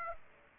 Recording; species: mosquito wingbeat signal from an infrared sensor; Aedes aegypti